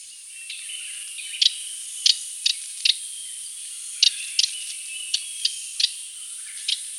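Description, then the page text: Radde's warbler giving short, dry clicking tuc notes, about ten in seven seconds at uneven spacing, over a steady high insect-like hiss. "Raddes Warbler Call. Quick Sounds"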